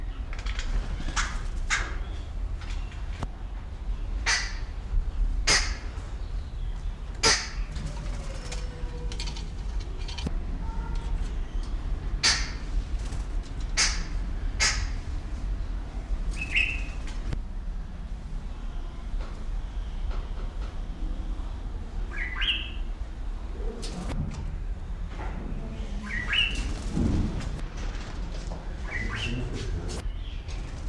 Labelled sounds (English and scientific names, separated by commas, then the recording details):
Brown-breasted Barbet (Lybius melanopterus)
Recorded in captivity
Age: adult
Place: Zoo Berlin, Berlin, DE
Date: 1994-07-02 11:04
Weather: sonnig, 18-24°C
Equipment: Marantz CP 430, Sennheiser ME 80, Kopie Uher Variocord 263
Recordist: Tembrock, Günter